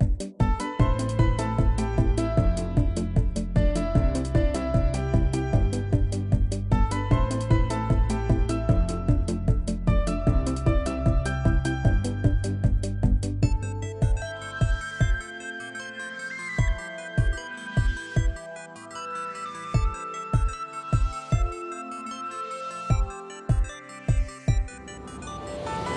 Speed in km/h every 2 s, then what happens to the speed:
101, 98, 95, 95, 93, 93, 90, 89, 89, 90, 92, 93, 93.
0-13 slows to 89. 13-26 steady at about 90.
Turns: none.